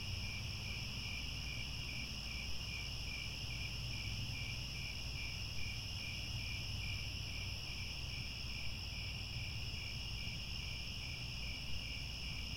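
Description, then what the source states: Many crickets trilling together, a bright, evenly pulsing high-pitched chirping that never stops, with low rumble below. Chorus of crickets chirping at twilight.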